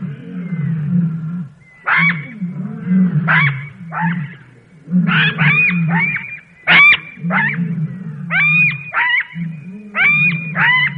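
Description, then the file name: Jackal giving high, quavering yelps and cries over a steady low, wobbling howl, the yips coming in quick bunches with short pauses between. "zvuki shakala"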